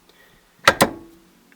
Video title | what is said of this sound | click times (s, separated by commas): Installing NRG Steering Wheel with Quick Release (Scion FRS) | and it clicks into place. | 0.7 s